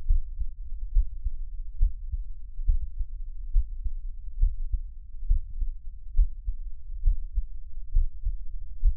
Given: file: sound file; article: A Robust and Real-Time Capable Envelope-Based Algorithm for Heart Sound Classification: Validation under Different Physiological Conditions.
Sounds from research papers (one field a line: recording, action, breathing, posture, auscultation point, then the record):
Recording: heart sounds by electronic stethoscope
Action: rest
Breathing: normal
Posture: sitting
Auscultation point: Erb’s point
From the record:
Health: healthy, no known heart disease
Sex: male